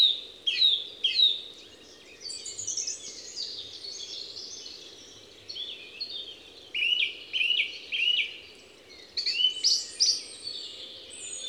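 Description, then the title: Song thrush singing a run of varied high whistles and chirps, some short phrases repeated a few times, with a steady low background hum. Song thrush in Les Avenières Veyrins-Thuellin, France; recorded with a stereo parabolic microphone (EM172 capsule) and a Zoom H4n Pro recorder. "Envirhôna, Les Avenières Veyrins-Thuellin, France - Grive musicienne"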